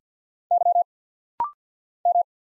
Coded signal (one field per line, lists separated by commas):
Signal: Morse code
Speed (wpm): 50 wpm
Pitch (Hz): 700 Hz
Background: none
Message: Y M